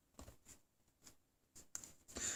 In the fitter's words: sinon ça s'enclenche parfaitement bien